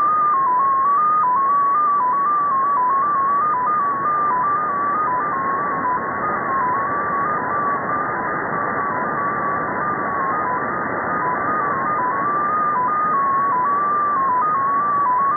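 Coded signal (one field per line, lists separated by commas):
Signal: multi-tone FSK (Olivia or MFSK type)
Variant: XPA2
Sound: a single pure tone hopping between nearby pitches several times a second, over hiss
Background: radio static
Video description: 10.921Mhz USB Russian Data Station XPA2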